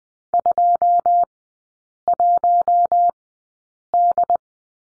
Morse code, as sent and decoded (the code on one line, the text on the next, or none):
..--- .---- -..
21D